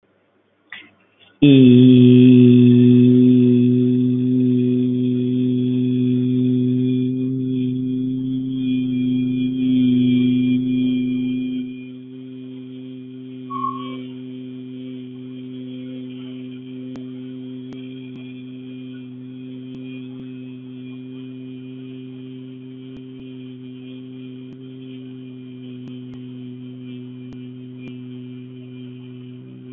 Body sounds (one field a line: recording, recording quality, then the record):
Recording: sustained vowel as in beet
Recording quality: excellent, no background noise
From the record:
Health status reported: healthy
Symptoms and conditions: none ticked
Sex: male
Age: 34 years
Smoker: not ticked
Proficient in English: yes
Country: India